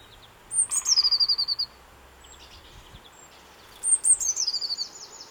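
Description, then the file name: Eurasian blue tit song: a high thin note followed by a rapid descending trill, given twice within a few seconds. "Cyanistes caeruleus"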